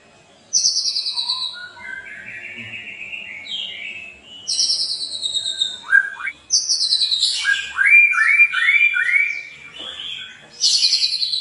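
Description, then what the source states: White-rumped shama song: high trilled notes and sweeping whistles, then a string of quick chopped notes. Lure recording (pancingan) of a White-rumped shama singing vigorously (gacor), meant to make the bird respond.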